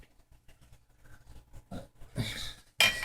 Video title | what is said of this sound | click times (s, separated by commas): Putting the mossberg 590 shotgun back together | It's locked. | 2.8 s